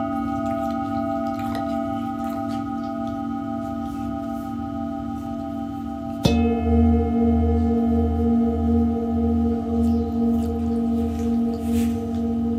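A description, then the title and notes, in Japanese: A singing bowl rings on in sustained, shimmering tones, with several steady pitches layered over a low hum. Just past six seconds a new strike lands, brightening the sound, and afterward the low tones pulse in a slow, regular wobble as they ring out. メキシコから シンギングボウルのサウンドヒーリング ライブ。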